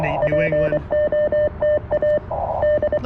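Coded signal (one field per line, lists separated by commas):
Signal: Morse code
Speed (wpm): 25 wpm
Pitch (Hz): 600 Hz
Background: speech, radio noise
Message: POTA D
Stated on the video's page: CW sent during a POTA park activation using the CFT-1, a five-band QRP CW rig for 40, 30, 20, 17 and 15 m.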